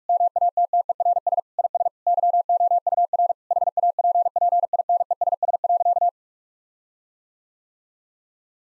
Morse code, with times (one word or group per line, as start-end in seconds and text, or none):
0.1-1.4 MATTERS
1.6-1.9 IS
2.1-3.3 YOUR
3.5-6.1 HAPPINESS.